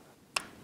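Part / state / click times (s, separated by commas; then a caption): collar over the O-ring on an ATV engine shaft seal / seated / 0.4 s. A collar is pushed by hand down over an oiled O-ring and seal on a Yamaha Raptor 700R ATV engine shaft. Against a quiet background, a single sharp pop snaps at 0.4 s as the collar seats over the O-ring.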